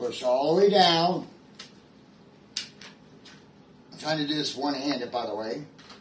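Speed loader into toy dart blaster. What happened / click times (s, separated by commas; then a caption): The plastic loader is being pushed down but has not yet locked in / none. A plastic speed loader is pushed all the way down one-handed into a Dart Zone Pro MK2 toy dart blaster while someone talks, with a few short handling taps in the pause between speech. Nothing has seated or clicked yet; the clip ends just before the loader locks home.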